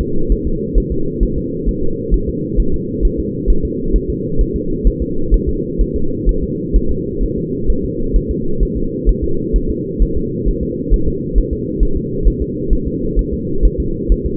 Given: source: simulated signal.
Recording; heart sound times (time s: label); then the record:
fetal heart sounds
0.01 s: S2
0.32 s: S1
0.47 s: S2
0.78 s: S1
0.92 s: S2
1.23 s: S1
1.38 s: S2
1.69 s: S1
1.83 s: S2
2.14 s: S1
2.29 s: S2
2.60 s: S1
2.74 s: S2
3.05 s: S1
3.20 s: S2
3.50 s: S1
3.65 s: S2
3.96 s: S1
4.10 s: S2
4.41 s: S1
4.56 s: S2
4.87 s: S1
5.02 s: S2
5.34 s: S1
5.49 s: S2
5.81 s: S1
5.96 s: S2
6.29 s: S1
6.43 s: S2
6.76 s: S1
6.91 s: S2
7.23 s: S1
7.38 s: S2
7.70 s: S1
7.85 s: S2
8.16 s: S1
8.31 s: S2
8.63 s: S1
8.77 s: S2
9.09 s: S1
9.24 s: S2
9.56 s: S1
9.71 s: S2
10.03 s: S1
10.17 s: S2
10.49 s: S1
10.63 s: S2
10.94 s: S1
11.08 s: S2
11.38 s: S1
11.53 s: S2
11.83 s: S1
11.97 s: S2
12.28 s: S1
12.42 s: S2
12.73 s: S1
12.87 s: S2
13.19 s: S1
13.33 s: S2
13.65 s: S1
13.80 s: S2
14.12 s: S1
14.26 s: S2
From the record:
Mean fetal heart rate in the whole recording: 130 bpm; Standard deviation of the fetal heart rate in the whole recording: 2 bpm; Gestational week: 36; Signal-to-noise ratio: -8.1 dB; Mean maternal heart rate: 72 bpm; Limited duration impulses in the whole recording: absent